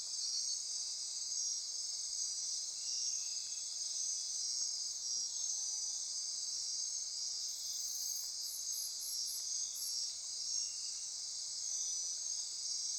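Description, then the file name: Insect chorus, a continuous high ringing drone, joined midway by a few quick very high chirps repeated in a short series. Insect chorus at midnight near Corcovado. "Wind-is-the-Original-Radio-Fridays 20240628 Andy-Martin Midnight-Insect-Chorus-Near-Corcovado"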